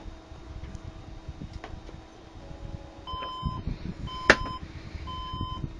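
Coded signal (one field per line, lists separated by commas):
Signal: beep code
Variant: PC BIOS POST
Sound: three steady half-second beeps a second apart, one sharp click between them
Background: room noise, faint hum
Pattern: 3 beeps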